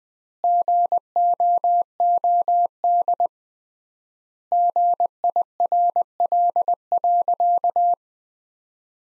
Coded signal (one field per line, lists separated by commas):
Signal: Morse code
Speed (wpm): 21 wpm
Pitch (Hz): 700 Hz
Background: none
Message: GOOD GIRL.